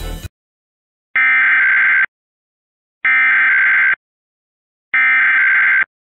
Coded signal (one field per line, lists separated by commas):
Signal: Emergency Alert System (SAME) tones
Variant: header bursts